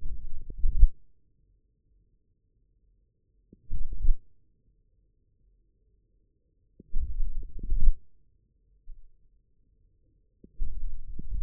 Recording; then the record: forearm muscle sounds (acoustic myography)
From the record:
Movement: forearm pronation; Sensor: system 1, eight BSWA MPA416 microphones around the upper forearm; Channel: 5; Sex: male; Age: 41 years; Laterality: right